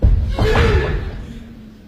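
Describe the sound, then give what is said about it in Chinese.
A door to a room is cautiously pushed open as the mayor and the police chief enter: a heavy low thud and rumble, with a short creaking squeal of the hinge rising through the middle, then the sound fades away. “而这时，市长大人带着警察局长也瑟瑟发抖，小心翼翼地推开门走进房间。”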